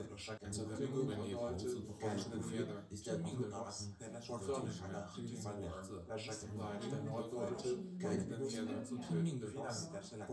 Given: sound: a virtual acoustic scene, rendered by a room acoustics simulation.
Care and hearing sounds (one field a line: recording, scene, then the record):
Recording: noise of the scene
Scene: living room, symmetric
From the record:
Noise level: 70 dB SPL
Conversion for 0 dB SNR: 6.9 dB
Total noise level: 76.9 dB SPL